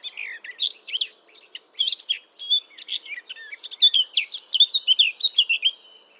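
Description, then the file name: Eurasian blackcap song, a continuous fast warble of mixed scratchy and whistled notes. "Sylvia atricapilla"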